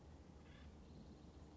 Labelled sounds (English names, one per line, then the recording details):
Acorn Woodpecker
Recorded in Sonoma County, California